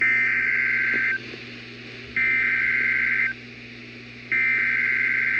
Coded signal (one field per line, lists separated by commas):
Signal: Emergency Alert System (SAME) tones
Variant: header bursts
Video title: EAS #924 Child Abduction Emergency￼